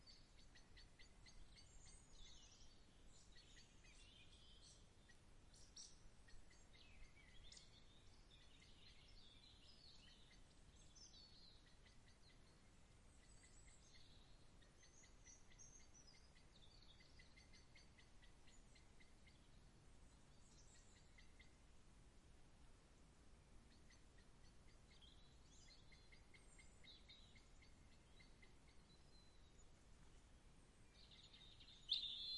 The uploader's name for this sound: Birds sounds